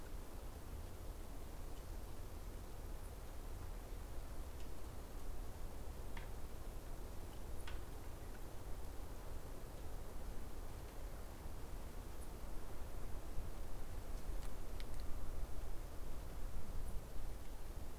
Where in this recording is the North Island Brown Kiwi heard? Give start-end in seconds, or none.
none